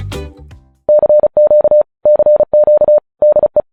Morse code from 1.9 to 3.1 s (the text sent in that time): CQ